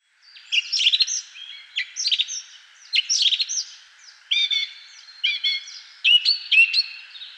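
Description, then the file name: Bird calls: rapid jumbles of high twittering chirps in short bursts, separated by brief pauses, with a few clearer repeated whistled notes near the end. "Vogel"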